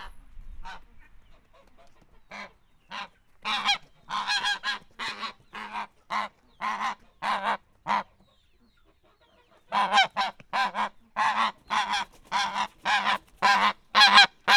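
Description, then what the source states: Domestic goose: domestic geese honking in bursts of harsh, nasal calls, a brief pause near the middle, then a dense run of loud overlapping honks. Domestic goose in a farmyard.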